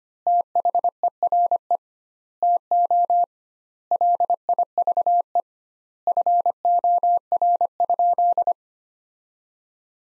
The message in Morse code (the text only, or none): THERE TO LIVE FOR?